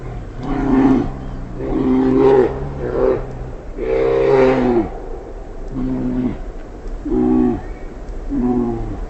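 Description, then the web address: Mammal guttural calls: repeated deep, harmonic, groaning calls, some falling in pitch at the end, given every second or so. Mammal recorded in Katmai, Alaska, on 15 September 2010 at about 07:00, giving guttural calls. "alaska MAMMALS KATM 20100915 Guttural"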